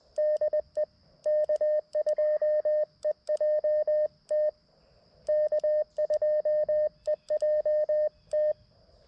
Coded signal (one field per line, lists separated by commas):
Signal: Morse code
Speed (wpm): 20 wpm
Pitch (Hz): 610 Hz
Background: none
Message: DE K2EJT K2EJT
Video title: CW POTA at K-5088 with the MTR-4B and the WRC Sporty Forty antenna system